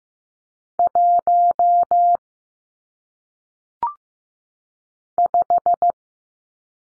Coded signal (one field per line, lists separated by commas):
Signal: Morse code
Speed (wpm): 15 wpm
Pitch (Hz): 700 Hz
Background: none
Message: 1 5